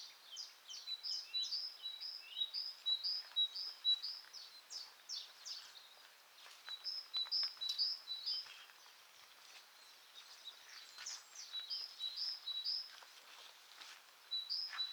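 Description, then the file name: Great tit: bright see-saw two-note phrases in several runs, mixed with busy twittering and sharp calls. "Parus major"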